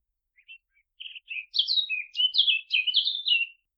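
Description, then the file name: Eurasian blackcap song: a few soft scratchy notes, then a fast rich warble of varied fluty and chattering phrases, with a quiet background. "Sylvia atricapilla"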